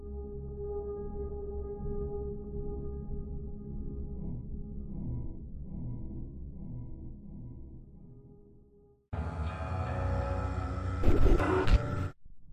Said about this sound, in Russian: Колеса стучат на стыках, мерно покачиваются вагоны, баюкая пассажиров.